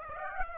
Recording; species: mosquito wingbeat signal from an infrared sensor; Aedes aegypti